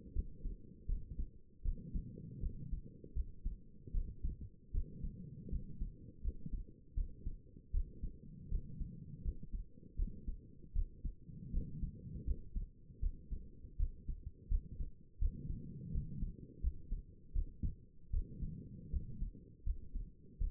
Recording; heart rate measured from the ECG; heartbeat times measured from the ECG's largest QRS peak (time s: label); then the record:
heart sounds by stethoscope; 80 bpm
0.14 s: heartbeat
0.87 s: heartbeat
1.64 s: heartbeat
2.41 s: heartbeat
3.15 s: heartbeat
3.93 s: heartbeat
4.73 s: heartbeat
5.51 s: heartbeat
6.23 s: heartbeat
6.95 s: heartbeat
7.72 s: heartbeat
8.50 s: heartbeat
9.23 s: heartbeat
9.97 s: heartbeat
10.74 s: heartbeat
11.52 s: heartbeat
12.26 s: heartbeat
13.01 s: heartbeat
13.78 s: heartbeat
14.49 s: heartbeat
15.20 s: heartbeat
15.93 s: heartbeat
16.62 s: heartbeat
17.34 s: heartbeat
18.12 s: heartbeat
18.91 s: heartbeat
19.65 s: heartbeat
20.39 s: heartbeat
From the record:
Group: healthy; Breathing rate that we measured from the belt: 19 breaths a minute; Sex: female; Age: 22 years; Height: 163 cm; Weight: 67.1 kg